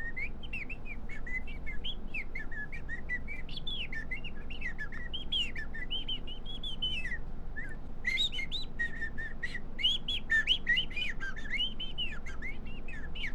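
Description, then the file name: Birds chirping and whistling: many bright, rising and falling notes in quick succession, with some busy overlapping bursts, over a low steady background hum. "Pajaros"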